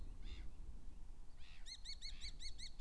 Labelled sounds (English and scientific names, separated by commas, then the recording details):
Eurasian Blackcap (Sylvia atricapilla)
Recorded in Germany
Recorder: ecoPi